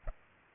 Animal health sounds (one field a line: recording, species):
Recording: mosquito wingbeat signal from an infrared sensor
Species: Aedes albopictus